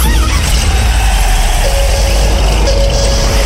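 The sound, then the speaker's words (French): An engine fires up and runs with a loud, steady rumble, deep low-end throbbing and a faint whining tone rising over it; no voices. “Ah non, non, non, le moteur, on y tient. Tu veux le démarrer ?”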